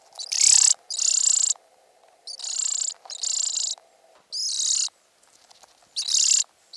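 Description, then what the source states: European greenfinch young giving begging calls, six harsh buzzing notes spaced irregularly. Recently fledged young begging for food; call is a series of vibrating notes; parents feed young seeds softened in the crop rather than insects.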